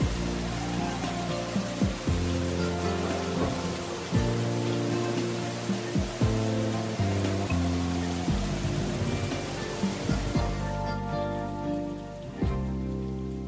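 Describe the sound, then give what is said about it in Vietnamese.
Steady, dense rain hisses throughout, accompanied by slow, sustained low musical notes; the rain thins slightly near the end while the melody continues. “Kéo cao cổ áo, tôi lầm lũi đi trong mưa về nhà mình. Nước mưa ướt sũng cả mái tóc và thấm lạnh cả thân tôi.”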